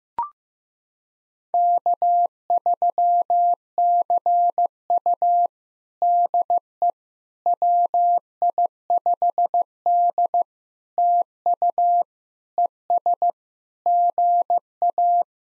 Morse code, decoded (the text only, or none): K3CU DE WI5D TU ES GA